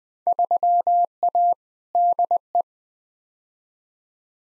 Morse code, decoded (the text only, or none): 3A DE